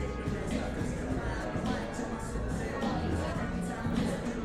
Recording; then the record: background sound without coughing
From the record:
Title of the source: 60 minutes of coffee shop sounds for study and concentration